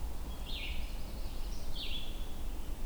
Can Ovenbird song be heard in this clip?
no